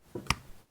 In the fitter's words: Oh, big click that time.